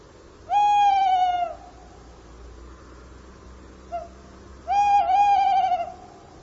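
Bird call: two drawn-out, harmonic-rich tonal notes, each about a second long and slightly wavering, a few seconds apart, with a faint short note between.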